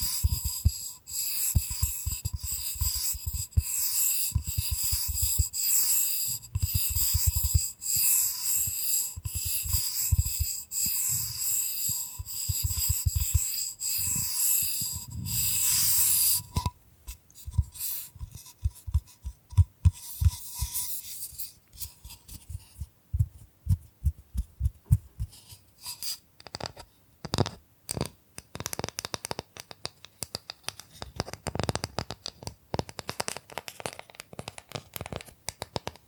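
Bamboo being scratched and brushed, with short dry taps scattered throughout. For the first sixteen seconds a steady bright hiss with a high whine sits behind regular low thumps; after that it falls quieter, leaving sparse scratches and clustered taps.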